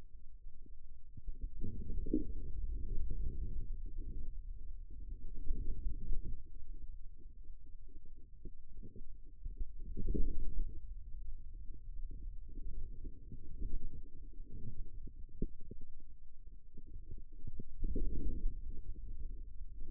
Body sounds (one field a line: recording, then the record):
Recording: forearm muscle sounds (acoustic myography)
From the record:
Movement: radial deviation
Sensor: system 2, bracelet of six BSWA MPA416 microphones around the upper forearm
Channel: 6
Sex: male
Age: 22 years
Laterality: right